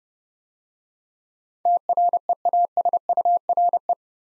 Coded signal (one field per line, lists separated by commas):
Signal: Morse code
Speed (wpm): 29 wpm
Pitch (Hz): 700 Hz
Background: none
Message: TREASURE